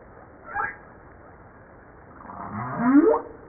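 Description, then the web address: Humpback whale sounds, a short faint upswept chirp followed by a rising, swelling moan with a bright harmonic ending, over underwater hiss. Recorded 5 March 1994 at 09:52; from a 2013 JASA publication. "pub JASA 2013 Blue Bowhead Fin Humpback Southern Right Whale humpback-01 940305-0952"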